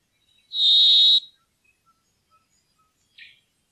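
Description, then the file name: Brambling uttering one long flat nasal wheeze, then a short softer note about two seconds later, otherwise quiet. "bjoerkefink"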